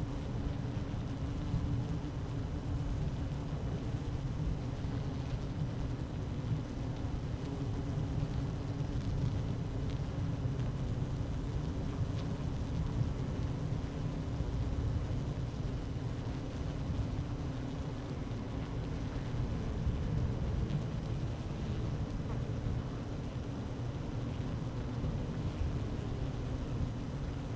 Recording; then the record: honeybee colony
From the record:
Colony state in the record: active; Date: 12 June 2018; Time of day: 12:00